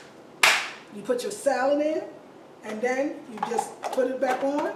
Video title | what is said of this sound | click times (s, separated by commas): Recipe Video #3: Three Raw Summer Salads | so you click it you | 0.4 s